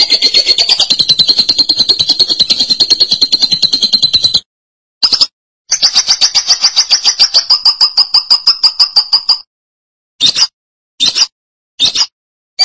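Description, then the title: Lovebird song of rapid, rattling high pulses: a long trill, a brief burst, then a second sustained run, ending in short separate bursts. "BM Suara Burung Lovebird"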